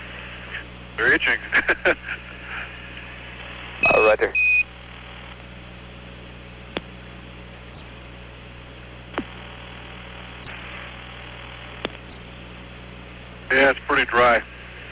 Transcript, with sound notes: They're itching [laughter].
Roger.
Yeah, it's pretty dry.